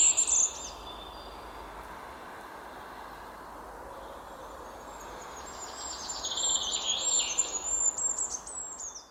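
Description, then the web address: Goldcrest song, a very high, fine trilling phrase near the end after a brief high call at the start, over soft background noise. "linnut hippiainen"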